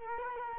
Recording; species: mosquito wingbeat signal from an infrared sensor; Culex quinquefasciatus